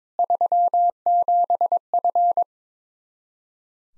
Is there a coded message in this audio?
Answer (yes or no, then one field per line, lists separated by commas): yes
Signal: Morse code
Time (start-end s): 0.2-2.4 s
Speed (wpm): 22 wpm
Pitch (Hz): 700 Hz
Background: none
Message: 37F